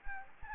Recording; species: mosquito wingbeat signal from an infrared sensor; Anopheles gambiae